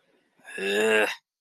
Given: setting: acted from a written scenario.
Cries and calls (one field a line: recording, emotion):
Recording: vocal sound without words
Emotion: contempt